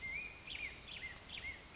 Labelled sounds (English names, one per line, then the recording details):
Black-headed Grosbeak
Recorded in Sonoma County, California